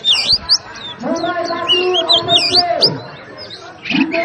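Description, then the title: Oriental magpie-robin giving bright, looping whistles and clipped sweeping notes, several in quick succession, over a low hum. Master recording of kacer 'Hercules': persistent fighting-style song with full 'tembakan' bursts, used for training cage birds. "Kacer Langsung Tarung Konslet KACER NGOTOT FULL TEMBAKAN Suara Masteran Kacer Hercules"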